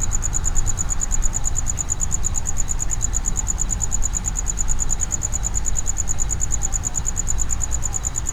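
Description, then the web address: Cricket calling in a fast, regular sequence of high-pitched pulses, with constant deep humming noise behind. Cricket inside a plastic distribution box at Jászberény Zoo, recorded in 2016. "allathangok jaszberenyizoo 2016 tucsok muanyagelosztodobozban"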